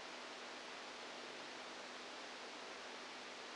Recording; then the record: brain microelectrode recording played as sound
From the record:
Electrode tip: outside the subthalamic nucleus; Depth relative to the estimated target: -8 mm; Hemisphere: right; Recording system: NeuroSet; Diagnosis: Parkinson's disease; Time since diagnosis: 7 years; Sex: female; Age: 68 years